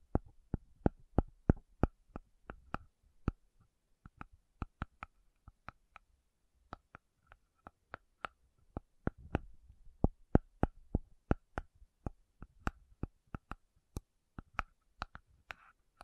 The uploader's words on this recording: ASMR Sleepy Slow Tapping Metal Sounds (No Talking).